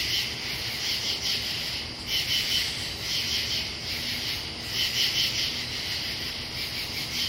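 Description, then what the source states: Katydid song: harsh pulsed rasps in irregular bursts over a steady high buzz. Pennsylvania, United States.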